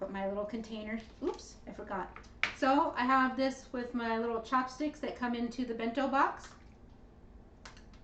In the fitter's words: they snap right in